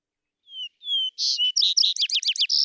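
Vesper sparrow singing: a pair of drawn-out whistled notes opens, followed by a fast tumbling series of buzzy chips and downslurred trill notes.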